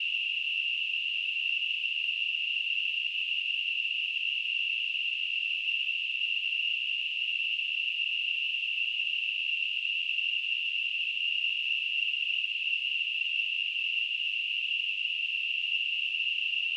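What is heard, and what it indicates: Simulated tinnitus sound.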